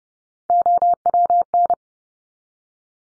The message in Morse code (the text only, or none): OWN